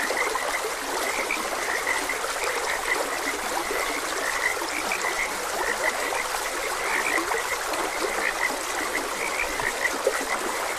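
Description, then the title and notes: Frogs calling together in an unbroken croaking chorus, set against the even, soft rush of a stream. Frogs croaking beside a gentle stream. "Gentle Stream and Frogs Croaking. Sleep and Relaxation Podcast"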